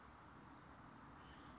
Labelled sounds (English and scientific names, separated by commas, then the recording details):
Anna's Hummingbird (Calypte anna)
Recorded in Sonoma County, California